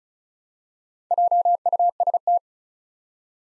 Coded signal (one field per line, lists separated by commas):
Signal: Morse code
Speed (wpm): 36 wpm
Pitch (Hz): 700 Hz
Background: none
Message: JUST